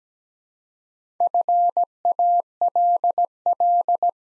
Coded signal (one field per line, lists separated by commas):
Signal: Morse code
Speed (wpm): 17 wpm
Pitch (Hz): 700 Hz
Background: none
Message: FALL